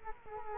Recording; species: mosquito wingbeat signal from an infrared sensor; Culex quinquefasciatus